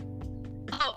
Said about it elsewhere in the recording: My throat does get itchy, you know? I did cough a few times.